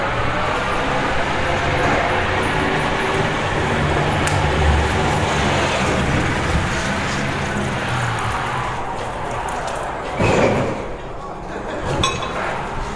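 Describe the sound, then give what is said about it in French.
A forklift truck's engine runs steadily, a dense low rumble with a droning hum, broken by scattered metallic clinks and a sharper clunk toward the end. “Type de camion aujourd'hui est obligé d'être déchargé par un chariot élévateur.”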